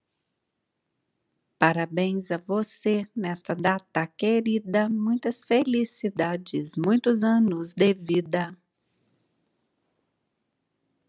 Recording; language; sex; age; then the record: short text; Brazilian Portuguese; female; 50 to 59 years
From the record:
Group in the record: control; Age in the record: 57 years